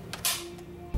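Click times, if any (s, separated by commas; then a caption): 0.1 s, 0.2 s. A 3D-printed USB power adapter is slid onto a cordless drill battery pack until its latch locks in place. A sharp double click is heard at 0.1 s and 0.3 s, followed by a faint tone and a louder low rumble near the end.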